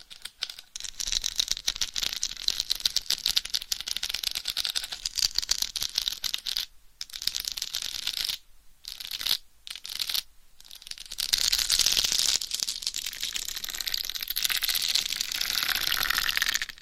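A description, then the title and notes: Crackly scratching on a microphone runs almost continuously, a dense bright rasp like fingers rubbing over a fuzzy surface. Several brief silent gaps cut in between about 7 and 11 seconds, then the scratching returns steadier and slightly fuller until the end. Binaural Head Mic Scratching & Tapping INTENSE Head & Scalp Massage. No Talking.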